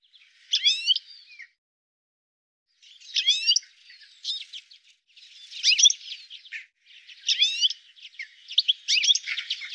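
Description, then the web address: Bird song: a jumble of squeaky chirps and twittering notes in several phrases, with a clear silent gap after the first phrase. "cianscape birddata"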